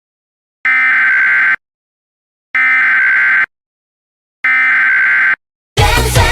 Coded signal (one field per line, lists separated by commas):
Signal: Emergency Alert System (SAME) tones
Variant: header bursts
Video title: Corny Catastrophe: An MLP Weather EAS Scenario Spinoff